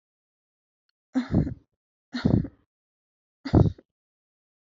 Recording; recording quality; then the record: shallow voluntary cough; excellent, no background noise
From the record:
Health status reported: healthy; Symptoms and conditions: none ticked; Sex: female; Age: 24 years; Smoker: not ticked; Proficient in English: yes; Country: India